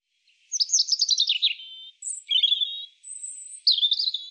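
European robin song of varied high phrases: a rapid descending trill, a warbled phrase, a sustained very high thin whistle, then more twittering.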